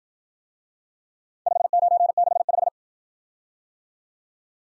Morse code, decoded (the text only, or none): 5965